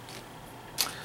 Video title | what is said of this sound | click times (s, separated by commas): Collectible Spot - Bandai WWE S.H.Figuarts The Rock Figure | this will pop this one hand out | 0.8 s